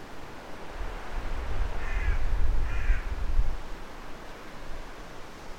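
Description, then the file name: Carrion crow with two raspy caws roughly one second apart, partly masked by heavy low-pitched rumble. "Corvus corone"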